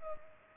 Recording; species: mosquito wingbeat signal from an infrared sensor; Culex pipiens